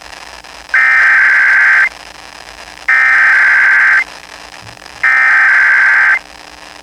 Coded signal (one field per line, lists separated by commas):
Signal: Emergency Alert System (SAME) tones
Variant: header bursts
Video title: Flopped February First (EAS Tests from 2/1/23) (EAS #737-744)